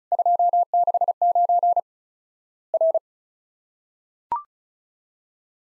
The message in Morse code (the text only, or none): 269 R